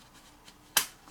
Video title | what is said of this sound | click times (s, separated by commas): Raptor vacuum engine part 4 | There it goes. It just snapped right in. | 0.8 s